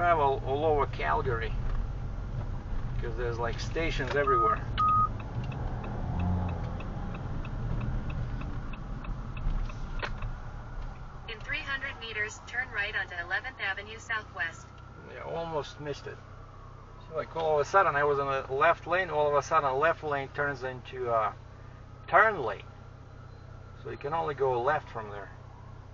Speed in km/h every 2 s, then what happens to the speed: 18, 21, 25, 28, 23, 17, 12, 5, 0, 0, 0, 0, 0.
0-7 speeds up to 28. 7-16 slows to 0. 16-26 standing.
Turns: none.